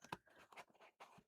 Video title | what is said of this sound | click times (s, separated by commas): Live craft and chat- Explosion Box Card mechanisim - @MixedUpCraft @CraftWorldHQ #birthdaycard | pop the box up and it all locks into place | 0.1 s